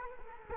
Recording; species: mosquito wingbeat signal from an infrared sensor; Culex quinquefasciatus